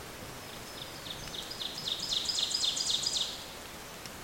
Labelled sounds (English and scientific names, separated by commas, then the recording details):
Ovenbird (Seiurus aurocapilla) song
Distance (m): 20 m
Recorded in boreal forest in Alberta, Canada, on 24 June 2016 at 07:45
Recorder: SongMeter 3, array SBT-6-76
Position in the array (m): 19 m, 22 m
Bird 2